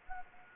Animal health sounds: mosquito wingbeat signal from an infrared sensor; Anopheles gambiae

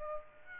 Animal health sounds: mosquito wingbeat signal from an infrared sensor; Aedes aegypti

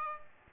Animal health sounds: mosquito wingbeat signal from an infrared sensor; Aedes aegypti

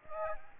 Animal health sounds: mosquito wingbeat signal from an infrared sensor; Aedes aegypti

